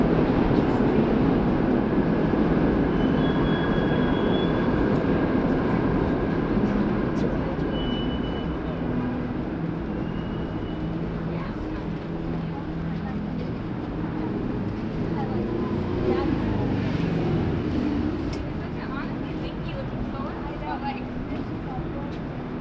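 A busy New York street performance heard through a steady, dense roar of traffic and crowd voices. Low sustained tones, possibly from the performer, drift in and out under the din, with a few brief high whistles and clatters scattered throughout.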